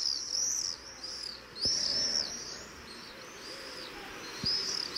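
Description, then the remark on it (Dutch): Common swifts give shrill, high-pitched screaming trills in repeated bursts, the calls overlapping in waves over a soft background hiss, with a couple of faint knocks in between. “Zullen we even een keer luisteren nog naar de gierzwaluwen?”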